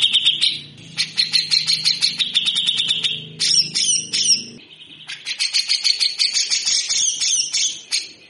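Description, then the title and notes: Grey-cheeked bulbul rasping chatter, fast rough notes mixed with scratchier phrases, a low hum underneath during the first half. Actively singing (gacor) cucak jenggot giving rough, rasping 'besetan kasar' song, used as a master for training birds. "MASTERAN CUCAK JENGGOT GACOR FULL BESETAN KASAR DURASI PANJANG. MASTERAN CUCAK JENGGOT GACOR BESETAN KASAR DURASI RAPAT. Burung cucak jenggot"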